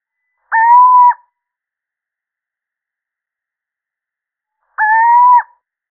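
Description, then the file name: Little owl repeating a plaintive, slightly rising hoot twice, spaced about four seconds apart, each under a second long, against a silent background. Male. "Sycek obecny samec"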